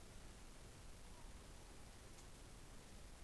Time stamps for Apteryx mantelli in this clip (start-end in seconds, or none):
none